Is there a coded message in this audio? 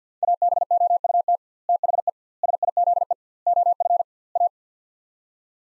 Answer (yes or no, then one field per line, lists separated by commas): yes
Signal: Morse code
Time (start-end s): 0.2-4.5 s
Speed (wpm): 50 wpm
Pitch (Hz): 700 Hz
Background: none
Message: ABOUT THE SIZE OF A